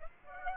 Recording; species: mosquito wingbeat signal from an infrared sensor; Aedes aegypti